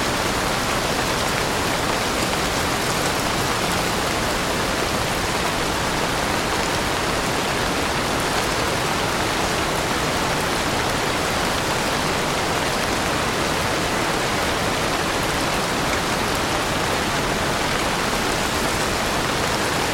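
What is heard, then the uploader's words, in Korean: Soft spring rain falls in a forest, water pattering on leaves and the forest floor. The sound is steady and dense throughout, an even wash of countless fine drops with no distinct events, full, spread from low to bright. 숲속의 부드러운 봄비. 나뭇잎 위에서 물이 춤추고, 숲 바닥에 부드러운 빗소리를 만들어냅니다.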